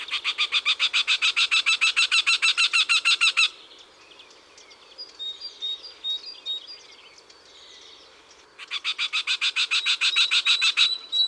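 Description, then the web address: Eurasian wryneck singing two bursts of fast, repeated nasal notes, separated by a pause with faint, thin chirps. Recorded in June. "Juin Le Torcol fourmilier. les 4 saisons des chants doiseaux"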